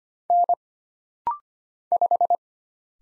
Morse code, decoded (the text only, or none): N 5